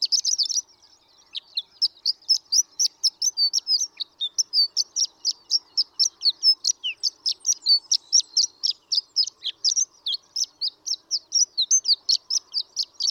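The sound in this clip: Horned lark song: a short opening burst, a brief pause, then a long, evenly paced chain of high, jingling, squeaky notes that runs without pause.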